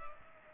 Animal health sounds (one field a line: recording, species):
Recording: mosquito wingbeat signal from an infrared sensor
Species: Culex pipiens